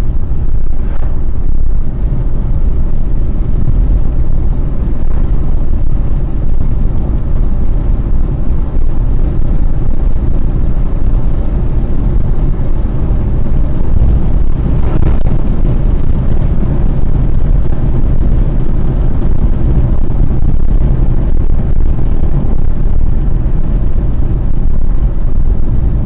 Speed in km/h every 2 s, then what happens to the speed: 105, 109, 115, 119, 123, 128, 134, 138, 137, 134, 130, 125, 119.
0-13 speeds up to 138. 13-26 slows to 119.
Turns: none.